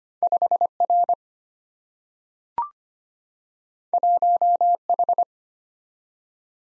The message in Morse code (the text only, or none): 5R 1H